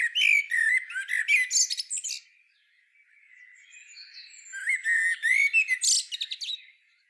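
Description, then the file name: Common blackbird singing two phrases, mellow fluted notes breaking into scratchy, high-pitched twittering, with a quiet gap of thin notes between them. "Turdus merula"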